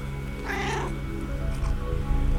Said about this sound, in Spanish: que son los maullidos de mi gato entre bambalinas en el backstage del podcast. Quiere decir algo, mi gato. A ver que se acerque un momento. Vamos a ver si se acerca el gato. Di algo, gato.